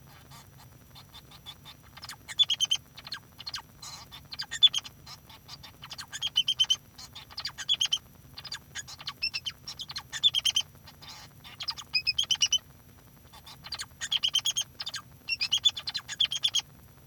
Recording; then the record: song of a male Bengalese finch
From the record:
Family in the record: son of father 2